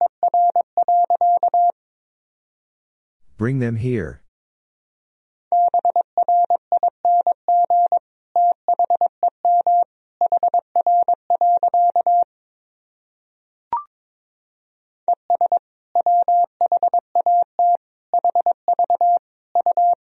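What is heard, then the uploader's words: A single steady mid-pitched tone keys on and off in short dots and longer dashes, spelling out words and abbreviations in Morse code, with brief silent gaps between groups. Near 3.5 seconds a short rough burst interrupts, and a sharp click comes around 13.7 seconds. Sentences from Top 500 Words and Abbreviations 22wpm. First, the words and abbreviations are sent in Morse code.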